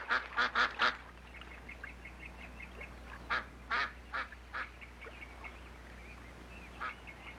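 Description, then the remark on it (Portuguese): A group of ducks quacks in uneven bursts, a quick run of four loud, raspy calls at the start, then scattered quacks of varying loudness over a low steady background hum. “os patos estão aqui.”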